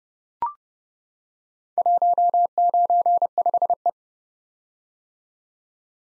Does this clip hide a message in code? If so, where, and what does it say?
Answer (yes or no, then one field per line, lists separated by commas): yes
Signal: Morse code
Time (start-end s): 1.8-3.9 s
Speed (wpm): 30 wpm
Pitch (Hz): 700 Hz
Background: none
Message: 195E